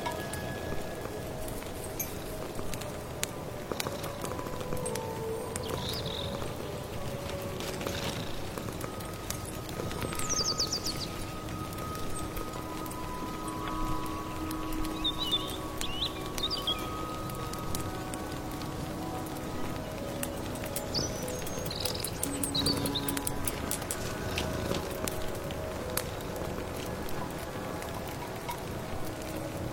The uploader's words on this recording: Come to the mysterious late autumn forest, stir your magic amulet soup, accompanied by birdsong, firewood, rustling rain.